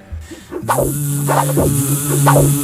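A steady, droning mosquito buzz holds on a low, sustained pitch with layered overtones, punctuated by a few brief swelling bursts, with no voices.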